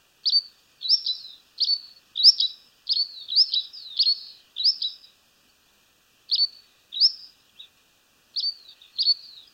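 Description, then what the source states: Sierra finch calling in quick bursts of high, slurred chirps, a dense run of notes, then a pause and scattered further chirps, with no other sounds. In Patagonia.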